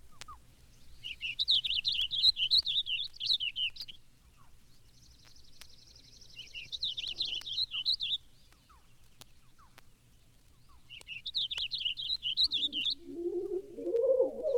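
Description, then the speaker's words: Purple Finch song: three rich, rapid warbled phrases of varying length, separated by pauses, with a lower rough sound at the end. Male varying his song with songs of different lengths. "This purple finch varies his serenade with songs of different lengths."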